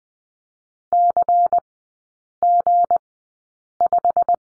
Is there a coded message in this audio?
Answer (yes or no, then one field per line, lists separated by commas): yes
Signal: Morse code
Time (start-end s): 0.9-4.4 s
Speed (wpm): 20 wpm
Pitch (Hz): 700 Hz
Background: none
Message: CG5